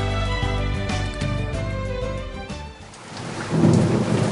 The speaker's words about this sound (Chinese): 趁落雨装翻啲水咯。